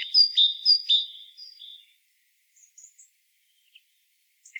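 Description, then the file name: Great tit calls: four sharp, ringing notes in quick succession over the first second, trailing into softer notes, then faint scattered chirps and near silence. "Parus major"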